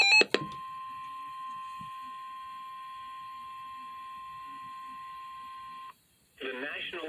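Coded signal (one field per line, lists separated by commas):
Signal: Emergency Alert System (SAME) tones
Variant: 1050 Hz attention tone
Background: speech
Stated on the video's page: Severe thunderstorm warnings and watches issued overnight by the Omaha National Weather Service office.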